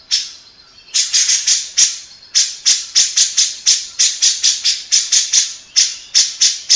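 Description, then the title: Grey-cheeked bulbul: steady, rapid harsh chattering of buzzy notes, nearly continuous with brief breaks. Long-duration master song, played to train other birds. "Cucak Jenggot Masteran Durasi Panjang"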